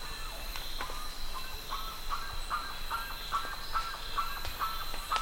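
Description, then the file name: Bird calls: brief whistled notes repeated rapidly, clearer toward the end, against a steady high hum and low background rumble. "SABIOD 50 bird 2015"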